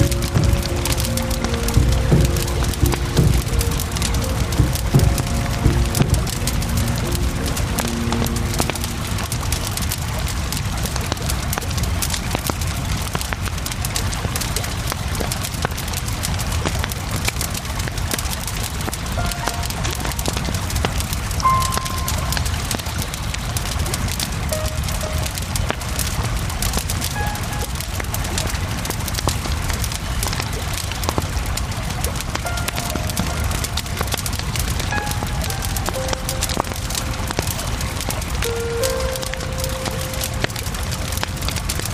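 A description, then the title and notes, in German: Steady rushing water of the Isar fills the clip while a campfire crackles and pops throughout, with brief voices in the first ten seconds. Aufnahme von der Isar mit einem gemütlichen Lagerfeuer.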